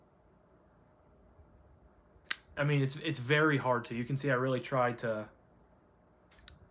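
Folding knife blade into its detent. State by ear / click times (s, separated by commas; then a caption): seated / 6.5 s. Someone talks while deliberately trying to leave the blade of a Finch folding knife short of its detent. After a sharp tap at about 2.3 s, the blade still snaps into the detent with a short click at 6.5 s and locks into place.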